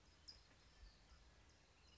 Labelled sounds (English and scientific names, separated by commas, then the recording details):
California Towhee (Melozone crissalis)
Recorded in Sonoma County, California